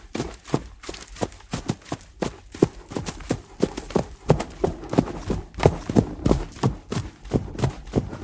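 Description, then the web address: Horse hooves at a trot, regular muted thumps. Horse's feet trotting on grass at a steady pace. "chevalpiedstrotherbesteady"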